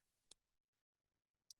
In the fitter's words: Hear a nice click as it latches in. Hook our positive up here.